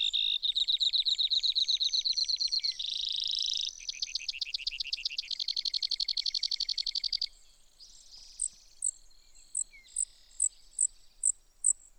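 Brewer's sparrow with loud, rattling trills for several seconds, followed by single high chips about every half second.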